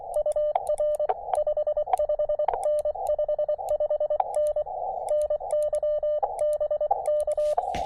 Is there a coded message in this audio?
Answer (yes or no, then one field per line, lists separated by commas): yes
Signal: Morse code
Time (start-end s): 0.2-7.5 s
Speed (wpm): 23 wpm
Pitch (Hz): 600 Hz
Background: radio noise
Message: UR 55N 55N NY BK